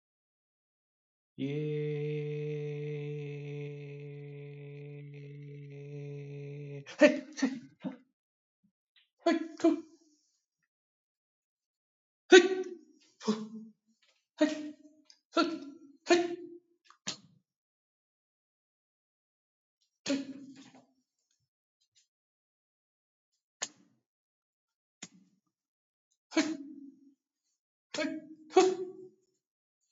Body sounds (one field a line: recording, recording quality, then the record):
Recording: sustained vowel as in made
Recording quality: moderate, slight background noise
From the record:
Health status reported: respiratory illness, not identified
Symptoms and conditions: chronic lung disease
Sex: male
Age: 26 years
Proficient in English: yes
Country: India